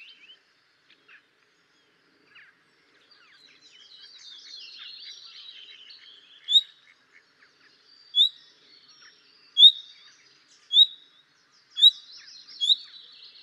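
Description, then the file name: Common nightingale: a soft warbling chatter builds in the first half, then clear rising whistled notes come every second or so. "Luscinia megarhynchos"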